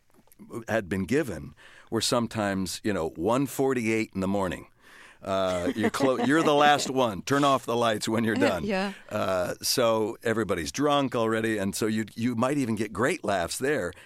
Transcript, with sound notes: had been given were sometimes, you know, in the morning.
(Laughter).
You're the last one. Turn off the lights when you're done.
Yeah.
So everybody's drunk already. And so you might even get great laughs there.